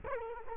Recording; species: mosquito wingbeat signal from an infrared sensor; Culex quinquefasciatus